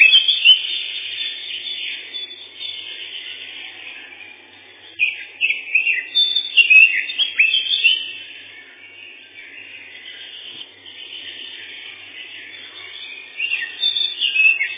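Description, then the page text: Lesser whitethroat song: short bursts of quick, scratchy warbling notes near the start, between five and eight seconds, and again at the end, with quieter gaps between. Song described as twittering with a loud 'kle-kle-kle', ending in a dry rapid 'tiktiktiktik' trill. "Славка-завирушка, или славка-мельничек — Sylvia curruca"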